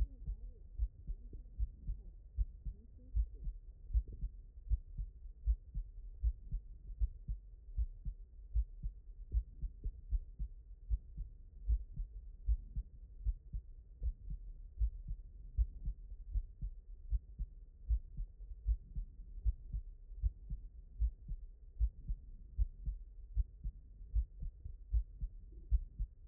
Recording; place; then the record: heart sounds by stethoscope; mitral valve (MV)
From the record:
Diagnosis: non-HFrEF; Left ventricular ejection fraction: 59%